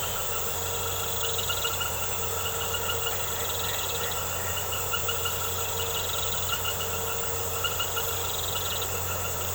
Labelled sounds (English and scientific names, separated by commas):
none